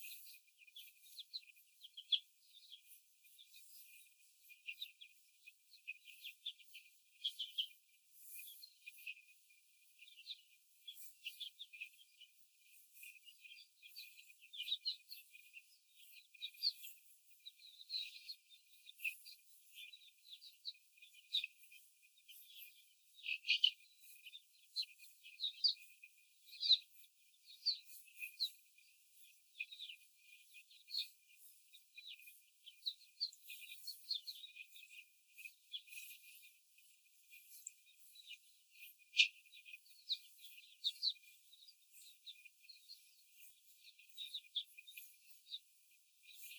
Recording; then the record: young laying hens in a cage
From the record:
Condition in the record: before the stressor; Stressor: simulated dog barking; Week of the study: 4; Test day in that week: 1